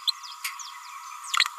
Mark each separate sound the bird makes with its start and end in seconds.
0.07-0.12